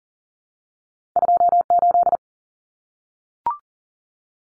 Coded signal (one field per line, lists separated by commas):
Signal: Morse code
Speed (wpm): 40 wpm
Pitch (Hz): 700 Hz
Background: none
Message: 28